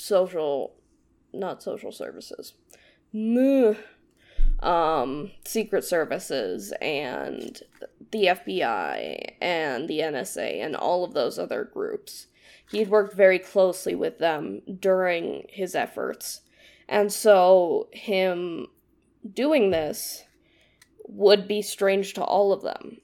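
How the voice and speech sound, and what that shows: Woman's narration with restarts, prolonged m and n sounds and tense pauses before s-words, fitting a stutter; S sounds are the ones her stutter has the most trouble with.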